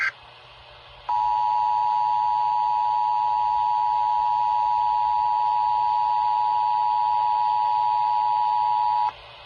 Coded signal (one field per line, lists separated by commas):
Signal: Emergency Alert System (SAME) tones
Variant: 853 and 960 Hz attention tone